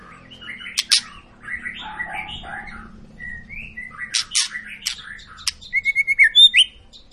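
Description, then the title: White-rumped shama song: scattered warbles, clicks and short whistles over a low steady hum, ending with a quick run of notes. Long, chatty lure song used to prompt other birds to sing. "Pancingan Murai Batu Gacor Panjang"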